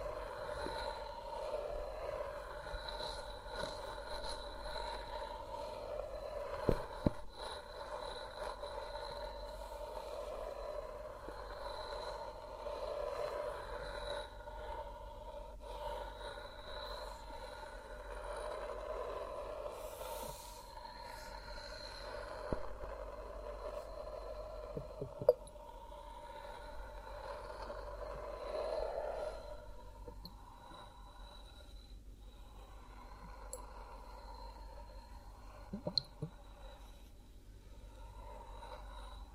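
ASMR triggers unfold over a steady, whirring drone with a humming, rumbling tone, a bit like a train interior. Sharp clicks and taps break through around 7, 22, 25 and 36 seconds, and the texture thins and quiets after about 29 seconds.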